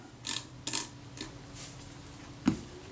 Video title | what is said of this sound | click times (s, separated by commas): Kodak Retina IIa film advance reassembly | the frame counter till I hear it click there's | 0.7 s